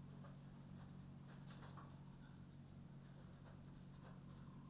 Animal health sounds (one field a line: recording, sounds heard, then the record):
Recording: poultry house recording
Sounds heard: healthy chickens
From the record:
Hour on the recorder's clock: 22